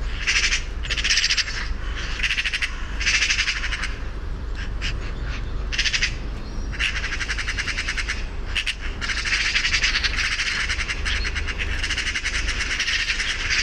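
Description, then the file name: Eurasian magpie with repeated harsh rattling chatters in uneven bursts throughout, backed by a continuous low rumbling noise. "Pica pica"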